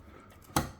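A second DDR4 memory module is pressed into the fourth DIMM slot on a motherboard, and the latch snaps shut with a sharp, bright click at 0.6 s after a faint tick at 0.5 s. The stick is seated and confirmed good.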